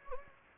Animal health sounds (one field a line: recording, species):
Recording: mosquito wingbeat signal from an infrared sensor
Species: Anopheles gambiae